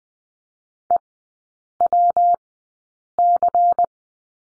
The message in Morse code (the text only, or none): EWC